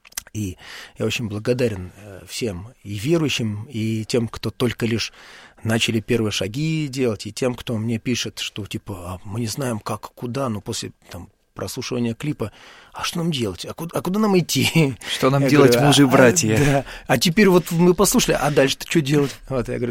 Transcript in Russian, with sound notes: и я очень благодарен всем — и верующим, и тем, кто только лишь начали первые шаги делать, и тем, кто мне пишет, что, «типа, мы не знаем, как и куда, но после прослушивания клипа — а что нам делать, а куда нам идти?».
— (Смеется.) «Что нам делать? Мы же братья!»
— Да. «А теперь вот мы послушали — а дальше-то чего делать?». Я говорю: